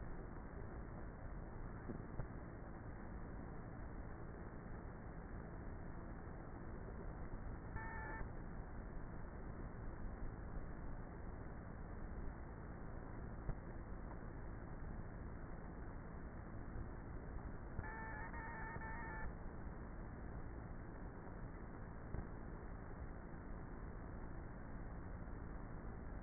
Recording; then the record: honeybee colony, microphone inside the hive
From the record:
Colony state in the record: queenless with a low population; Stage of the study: before two queens were removed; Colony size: about 30,000 bees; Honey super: no